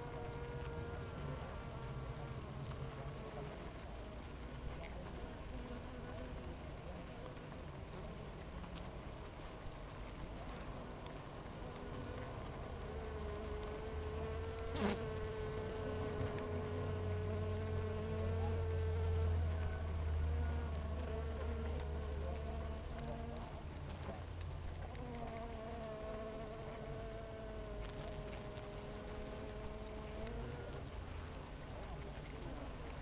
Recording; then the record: honeybee colony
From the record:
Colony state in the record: active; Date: 28 July 2017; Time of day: 7:45